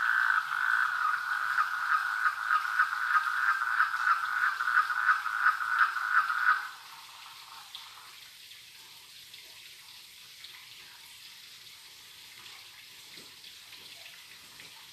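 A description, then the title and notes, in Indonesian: A river frog calls at night in a fast, regular pulsing trill, loud for about the first six and a half seconds, then stops abruptly. Afterward only a soft, steady babble of flowing water remains, with faint scattered clicks. Suara kodok sungai dan germicik airnya di tengah malam.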